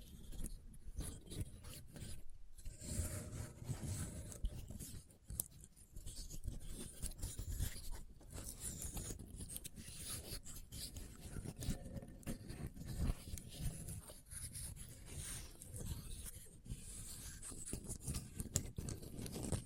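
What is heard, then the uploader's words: Christmas trigger sounds: dense, continuous scraping and rubbing with rasping, crackly bursts, heavy low rustle and frequent short taps throughout, no voice. Christmas Trigger Assortment (No Talking).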